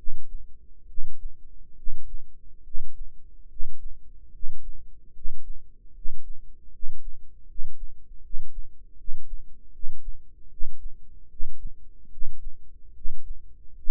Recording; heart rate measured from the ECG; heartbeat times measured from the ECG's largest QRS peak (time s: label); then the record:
heart sounds by microphone in the right ear; 75 bpm
0.86 s: heartbeat
1.75 s: heartbeat
2.62 s: heartbeat
3.47 s: heartbeat
4.30 s: heartbeat
5.12 s: heartbeat
5.92 s: heartbeat
6.70 s: heartbeat
7.46 s: heartbeat
8.21 s: heartbeat
8.95 s: heartbeat
9.71 s: heartbeat
10.48 s: heartbeat
11.28 s: heartbeat
12.09 s: heartbeat
12.93 s: heartbeat
13.74 s: heartbeat
From the record:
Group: healthy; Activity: breath hold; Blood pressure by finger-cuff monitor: 106/60 mmHg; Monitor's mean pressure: 74 mmHg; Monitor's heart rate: 74 bpm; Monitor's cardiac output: 7.4 L/min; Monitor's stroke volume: 100 mL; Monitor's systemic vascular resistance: 710 dyn s/cm5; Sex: male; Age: 35 years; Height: 180 cm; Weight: 86.9 kg